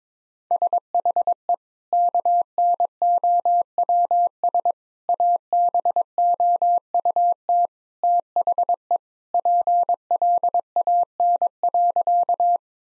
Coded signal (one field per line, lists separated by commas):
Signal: Morse code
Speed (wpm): 22 wpm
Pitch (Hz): 700 Hz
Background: none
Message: SHE KNOWS ABOUT THE PLAN.